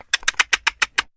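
Parrot calls: seven quick, harsh, scratchy notes in an even rapid series, about seven per second, stopping abruptly.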